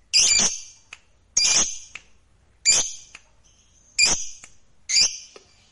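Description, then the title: Lovebird repeating five harsh, loud screeching calls at fairly regular intervals, each followed by a brief faint click. "Suara Lovebird"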